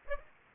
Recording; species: mosquito wingbeat signal from an infrared sensor; Aedes aegypti